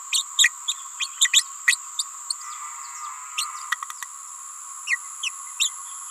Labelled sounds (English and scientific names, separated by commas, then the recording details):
Green-rumped Parrotlet (Forpus passerinus) babbling
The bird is a female
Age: 28 days
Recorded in a nest box in Venezuela
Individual 17B31A3